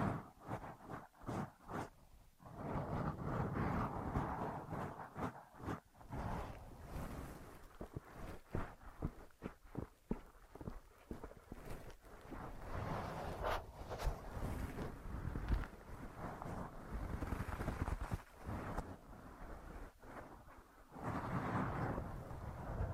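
Ear massage and cleaning sounds: dense, muffled rubbing and scratching with a steady low rumble underneath. Sharp brushing strokes and taps come quickly and irregularly throughout, with brief quieter gaps near 3, 10 and 21 seconds before the rubbing resumes.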